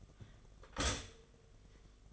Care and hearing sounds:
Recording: daily activity, microphone in the room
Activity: stop toaster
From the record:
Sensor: 4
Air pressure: 1005.0 hPa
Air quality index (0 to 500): 188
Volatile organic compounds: 6 ppm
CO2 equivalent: 1843 ppm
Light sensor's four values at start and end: 19/63/24/22 and 17/56/21/19

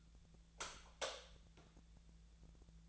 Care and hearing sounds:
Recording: daily activity, microphone in the room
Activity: light off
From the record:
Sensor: 3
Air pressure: 1000.0 hPa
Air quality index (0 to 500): 125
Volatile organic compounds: 2 ppm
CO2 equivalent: 1117 ppm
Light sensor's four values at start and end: 40/103/44/47 and 37/94/40/44

